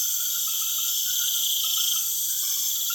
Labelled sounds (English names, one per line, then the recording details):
none
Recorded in secondary vegetation near Puerto Asís, Putumayo, Colombia, on 25 June 2025
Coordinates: 0.488, -76.319
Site G094